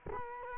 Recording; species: mosquito wingbeat signal from an infrared sensor; Culex quinquefasciatus